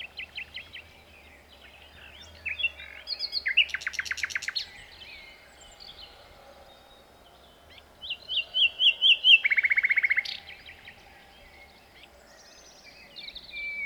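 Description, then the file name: Common nightingale song: varied phrases with quick notes, a dense buzzy rattle, a pause, then a series of notes ending in a loud rapid trill. "Luscinia megarhynchos"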